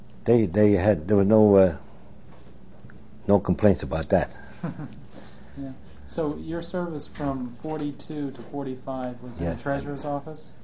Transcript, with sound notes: they, they had, there was no, uh, no complaints about that.
(laughs) So your service from '42 to '45 was in the Treasurer's Office?